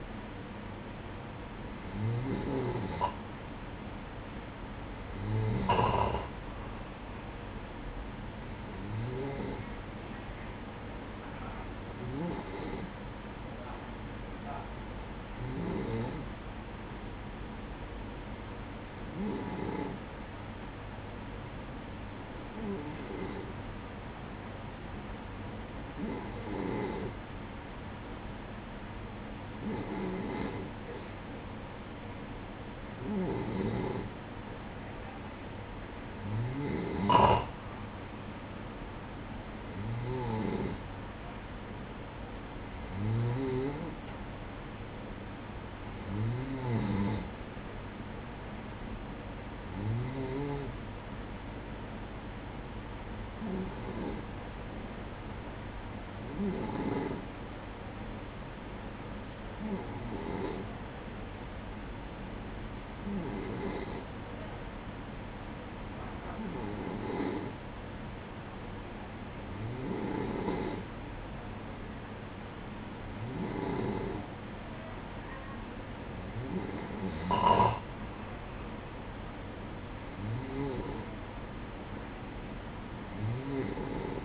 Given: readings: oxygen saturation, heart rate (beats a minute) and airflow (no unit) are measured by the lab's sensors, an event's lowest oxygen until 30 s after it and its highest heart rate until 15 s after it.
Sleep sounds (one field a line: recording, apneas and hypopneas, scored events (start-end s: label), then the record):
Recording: breathing in sleep by a voice recorder at the bedside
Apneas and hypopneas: 2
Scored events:
13.00-35.30 s: hypopnea (N2, oxygen 95% highest, then 92% lowest, heart rate 61 at the start, 64 highest)
54.00-73.60 s: hypopnea (N2, oxygen 95% highest, then 92% lowest, heart rate 61 at the start, 64 highest)
From the record:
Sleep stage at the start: N2 (light sleep)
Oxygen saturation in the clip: 91 to 95%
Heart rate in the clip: 58 to 64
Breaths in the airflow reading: 25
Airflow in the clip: -10.0 to 8.4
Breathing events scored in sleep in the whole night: 180 in 6.7 hours asleep